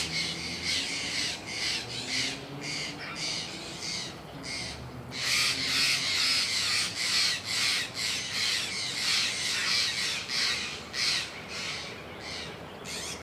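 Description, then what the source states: Steller's jay mobbing calls: loud, grating rasps delivered roughly twice a second, growing harsher and denser midway through the series. Mobbing calls, northwestern California.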